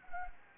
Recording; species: mosquito wingbeat signal from an infrared sensor; Anopheles gambiae